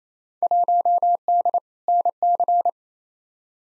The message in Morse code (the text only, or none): 1D NC